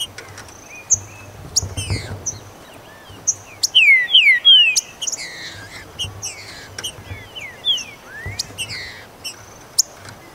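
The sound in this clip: Green-winged saltator song: a clear whistled phrase near four seconds, with scattered high chirps and a few faint sliding notes later.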